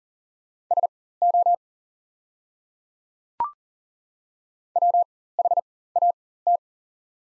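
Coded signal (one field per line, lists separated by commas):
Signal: Morse code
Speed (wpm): 40 wpm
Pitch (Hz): 700 Hz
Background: none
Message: SO WHAT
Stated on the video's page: Practice set of top 300 words at 40 wpm with 4x character spacing (Farnsworth timing).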